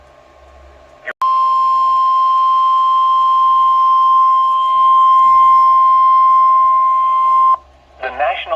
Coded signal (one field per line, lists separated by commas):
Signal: Emergency Alert System (SAME) tones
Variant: 1050 Hz attention tone